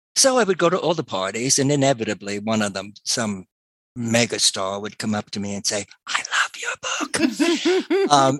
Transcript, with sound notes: So I would go to all the parties and inevitably one of them, some mega star would come up to me and say, (in a whisper) "I love your book."